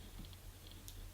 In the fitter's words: you wait for that little click so that's now secured and then